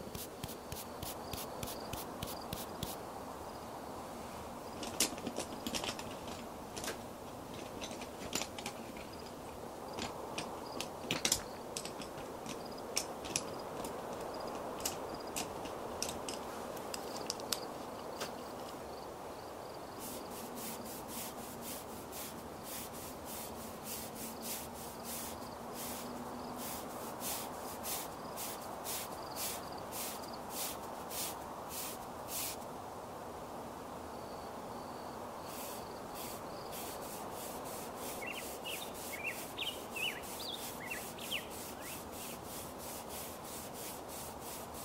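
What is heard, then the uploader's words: Makeup being applied outside: soft brushing and rubbing, bursts of quick ticking clicks, a steady low hum, and brief chirps near the end. Doing Your Makeup Outside on a Sunny Day.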